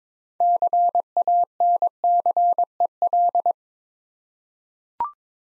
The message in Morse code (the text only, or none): CANCEL